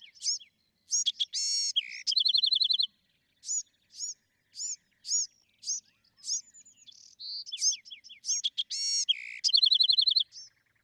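Bewick's wren singing: a buzzy, rattling phrase early on, a run of bright separated chip notes, then a second buzz-and-trill phrase near the end.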